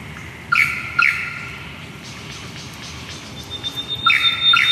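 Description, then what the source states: Lyrebird singing: two clear whistled notes with sharp onsets, then quieter varied chirps, and two more whistled notes at the end. Listener recording, Ridge Track, Tacoma, Victoria.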